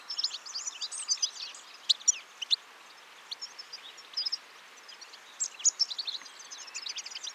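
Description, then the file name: European goldfinch calls: a busy mix of rapid tinkling, twittering notes in short bursts over a steady background hiss. "Carduelis carduelis"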